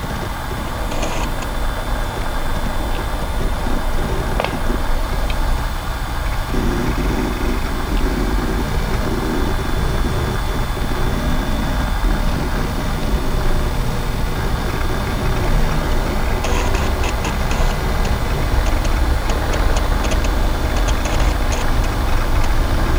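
Vintage computing equipment runs with a steady, dense hum and whir that stays loud for the whole stretch. The low drone shifts slightly around six seconds in, and clusters of light ticking and clicking come through near the start and again after sixteen seconds.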